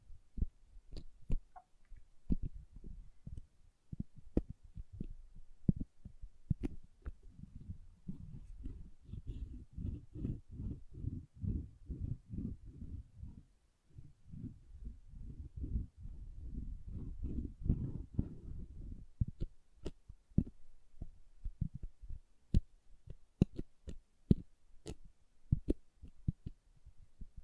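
Soap is tapped and carved in a steady run of short, sharp clicks and knocks, some bright and snappy, others dull and low. Between roughly 8 and 19 seconds a denser, muffled scraping fills the low end beneath the taps, then thins out into sparse, crisp clicks.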